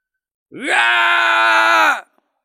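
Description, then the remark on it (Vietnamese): A void beast lets out one loud, drawn-out yell of pain as the power of time ages it, its pitch sliding up at the start and then holding steady for over a second before cutting off, with no other sound around it. “Hư không thú hét lớn, nó cảm thấy bản thân trở nên già nua, huyết dịch toàn thân chớp mắt khô cạn, vô cùng suy yếu.”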